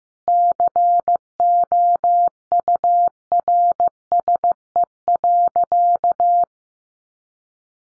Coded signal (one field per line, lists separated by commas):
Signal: Morse code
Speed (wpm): 15 wpm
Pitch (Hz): 700 Hz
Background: none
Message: COURSE.